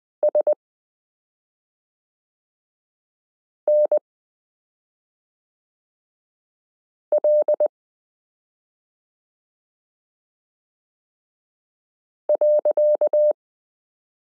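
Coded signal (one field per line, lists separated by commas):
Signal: Morse code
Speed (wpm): 20 wpm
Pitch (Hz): 600 Hz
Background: none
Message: SNL .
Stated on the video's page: Morse listening drill, lesson 13 of a Koch-method variation course, introducing letter n alongside k r s u a p t l o w i and period.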